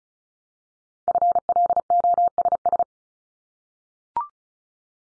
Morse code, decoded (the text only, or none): FLOSS